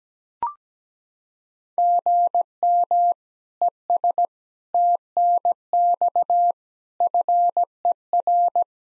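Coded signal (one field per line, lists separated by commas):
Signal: Morse code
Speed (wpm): 17 wpm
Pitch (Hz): 700 Hz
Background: none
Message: GM ES TNX FER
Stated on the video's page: Practice QSO beginning segment (RST, QTH, name) sent at 17 wpm for head-copy, sent twice.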